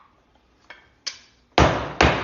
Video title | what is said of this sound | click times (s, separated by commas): Knife Handle Time! Live Stream from Woodson Knife Co. | Still not fully seated. | 1.6 s, 2.0 s